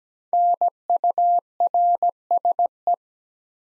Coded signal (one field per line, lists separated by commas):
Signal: Morse code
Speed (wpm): 17 wpm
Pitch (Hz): 700 Hz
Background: none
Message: NURSE